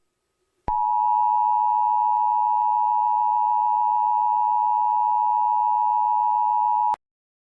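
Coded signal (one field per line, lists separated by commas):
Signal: Emergency Alert System (SAME) tones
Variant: 853 and 960 Hz attention tone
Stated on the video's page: Fictional EAS scenario about a giant tornado.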